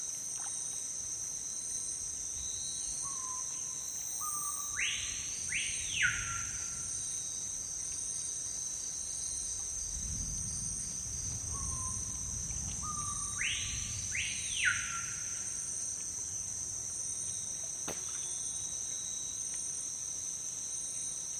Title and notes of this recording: Dusk in the Amazon rainforest. As dusk falls in the Amazon rainforest, the sounds of the jungle change dramatically.